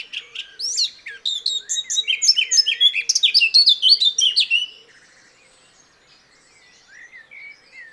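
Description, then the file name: Eurasian blackcap song: a dense burst of bright warbling and chirping notes lasting about five seconds, then fading to faint, scattered twitters. "Sylvia atricapilla"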